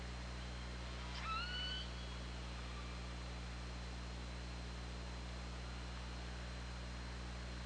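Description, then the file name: Killer whale call underwater: one brief upswept tonal call with harmonics, then a fainter tone, over constant low-frequency hum and hiss. Recorded on the OrcaLab hydrophone on 24 August 2017 at 21:34. "Orca Lab UTLN JASON 20170824 213442"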